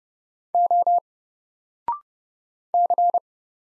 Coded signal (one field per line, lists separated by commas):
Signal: Morse code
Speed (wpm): 30 wpm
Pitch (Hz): 700 Hz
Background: none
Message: O C